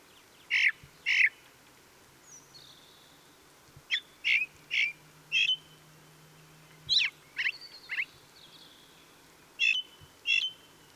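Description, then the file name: Ring ouzel song of loud, clipped piping notes given in pairs and short runs, with thin high whistles from other birds between phrases. Song recorded 26 April 2014. "Ringdrossel. Michle Pron"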